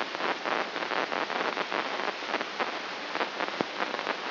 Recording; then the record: brain microelectrode recording played as sound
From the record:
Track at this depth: outside the subthalamic nucleus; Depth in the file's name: 7.428 mm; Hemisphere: left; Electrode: 3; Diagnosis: Parkinson's disease